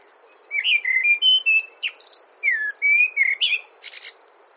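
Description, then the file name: Common blackbird delivering a continuous run of mellow whistled notes mixed with sharp high squeaks and a scratchy twittering ending; steady faint hum underneath. "Amsel Gesang"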